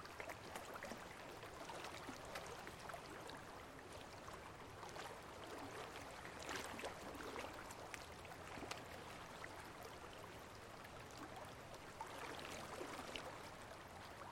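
Gentle rain falls on a pond in a steady, dense patter, countless small drops ticking and splashing. The sound holds even throughout, swelling slightly around the middle and again near the end, over a soft low rumble.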